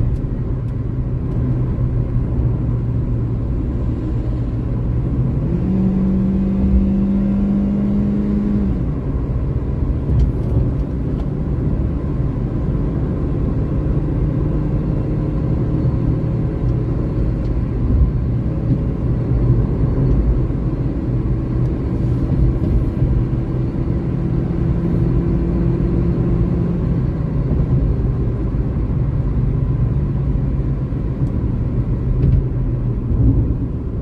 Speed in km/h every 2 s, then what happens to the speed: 98, 90, 94, 102, 106, 108, 113, 117, 117, 121, 124, 127, 131, 118, 110, 101, 78.
0-3 slows to 90. 3-25 speeds up to 131. 25-34 brakes to 78.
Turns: none.